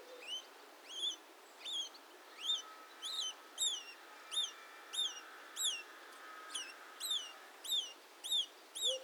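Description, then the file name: House sparrow giving sharp, bright chirps, repeated about every half second to one second in a steady series, with a faint hum in the background. "Passer domesticus"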